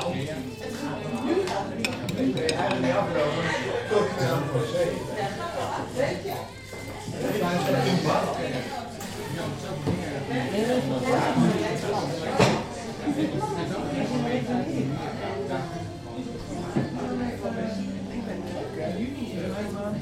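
Busy café interior with a constant murmur of many overlapping voices. Dishes and cutlery clink now and then, with a sharp bright clatter near twelve seconds. The crowd noise stays dense and steady throughout, dipping slightly around six seconds.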